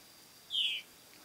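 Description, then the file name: White monjita single brief slurred note, slightly falling. "O canto da Noivinha branca"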